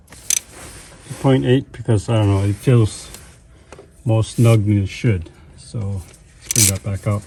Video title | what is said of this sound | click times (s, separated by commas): Fixing A Stripped Spark Plug: Step-By-Step [Full Tutorial]! | You should hear it snap when it goes in. | 0.3 s